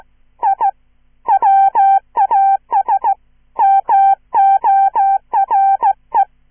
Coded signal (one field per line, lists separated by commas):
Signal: Morse code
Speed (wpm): 15 wpm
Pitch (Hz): 790 Hz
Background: none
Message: I WAS MORE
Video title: QGV - a horror shortstory in Morse code, part 2 "Listen & Copy"